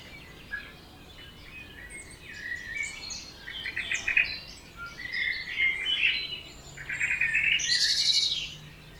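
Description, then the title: Birds in a dawn chorus, rapid high trills and chattering phrases overlapping, growing louder toward the end, with a faint hum in the background. Dawn chorus recorded at 4am in Oberhofen, Inntal, Austria; binaural recording. "Birds Oberhofen Inntal Austria - 4am - binaural version"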